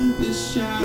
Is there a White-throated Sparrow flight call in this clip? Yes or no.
no